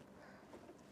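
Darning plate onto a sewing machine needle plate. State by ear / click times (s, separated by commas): not seated / none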